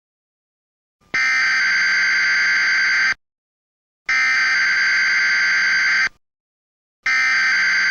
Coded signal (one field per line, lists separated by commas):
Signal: Emergency Alert System (SAME) tones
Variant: header bursts